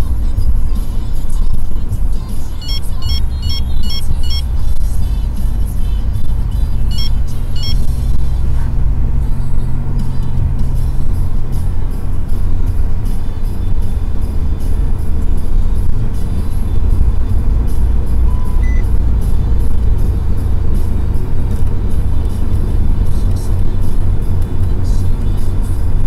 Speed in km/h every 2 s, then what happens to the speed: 71, 73, 79, 79, 84, 84, 88, 89, 91, 92, 92, 92, 92.
0-11 speeds up to 88. 11-26 steady at about 92.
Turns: none.